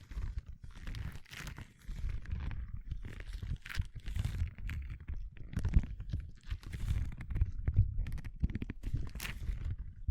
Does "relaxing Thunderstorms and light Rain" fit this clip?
no